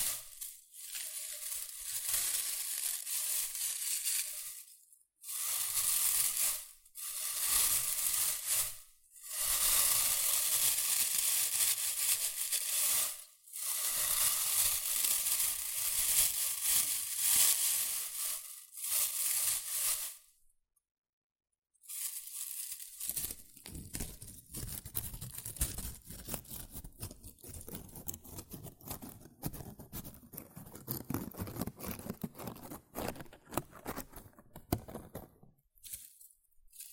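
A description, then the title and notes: Rustling and crinkling in bursts, bright and crackly, separated by brief silent gaps near 5, 7, 9 and 13 seconds. After a full pause around 21 seconds, the handling turns rougher and lower, with denser, irregular crunching pops until the end. ASMR Rustling and Crinkle Sounds.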